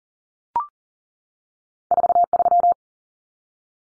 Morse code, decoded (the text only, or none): 43